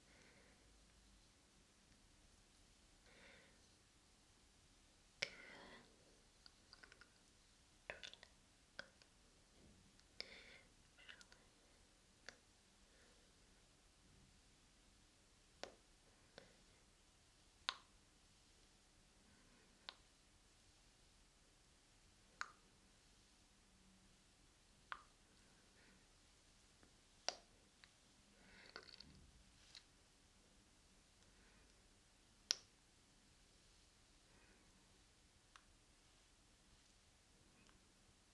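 A quiet face massage and brushing, with sharp taps and soft rustles every second or two over a faint steady hush.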